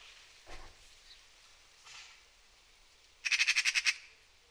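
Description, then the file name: Eurasian magpie giving a quick, harsh rattle of several scratchy notes near the end, after a few faint noises. "Pica pica"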